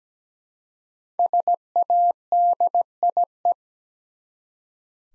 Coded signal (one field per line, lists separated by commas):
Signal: Morse code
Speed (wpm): 17 wpm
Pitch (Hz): 700 Hz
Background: none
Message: SADIE